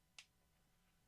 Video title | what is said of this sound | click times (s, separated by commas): TayRayGun Building Block Live Show! | If you find that stud there, this will actually go and click | 0.2 s